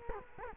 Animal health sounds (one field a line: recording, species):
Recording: mosquito wingbeat signal from an infrared sensor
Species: Culex quinquefasciatus